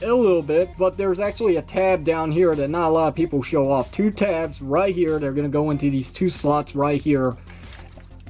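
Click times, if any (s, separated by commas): none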